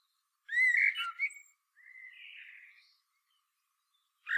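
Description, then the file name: Common blackbird giving a short warbled phrase, followed by a fainter drawn-out note and the start of another sound right at the close. "Turdus merula"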